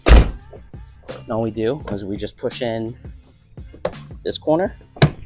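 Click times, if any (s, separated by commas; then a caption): 5.0 s. Someone talks while a smoked LED daytime running light housing is pushed corner by corner into its front bumper opening on a Porsche 911 Carrera 997 C4S. A sharp click at 5.0 s marks the corner snapping into place, and the light is seated.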